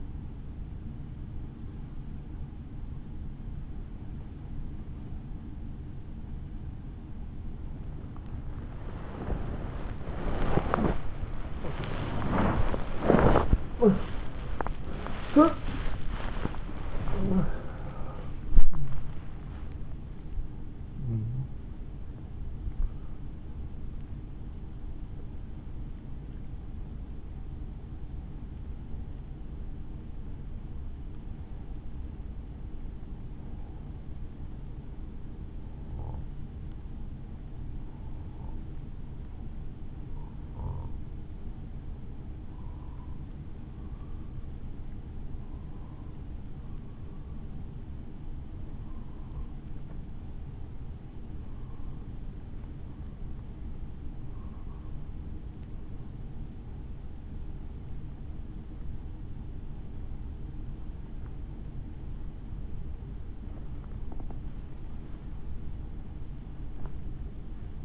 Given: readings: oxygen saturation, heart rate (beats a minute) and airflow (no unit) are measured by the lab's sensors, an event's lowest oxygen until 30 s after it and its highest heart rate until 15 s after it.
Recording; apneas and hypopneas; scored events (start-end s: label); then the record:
breathing in sleep by a smartphone at the bedside; 1
0.00-36.00 s: awake
23.00-67.85 s: new sleep stage, N1 (lightest sleep)
36.00-61.00 s: hypopnea (N1, oxygen 97% highest, then 94% lowest, heart rate 53 at the start, 70 highest)
From the record:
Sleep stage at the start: awake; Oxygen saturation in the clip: 92 to 97%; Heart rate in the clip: 51 to 90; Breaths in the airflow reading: 23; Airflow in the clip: -7.9 to 10.5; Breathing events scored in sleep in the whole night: 216 in 7.0 hours asleep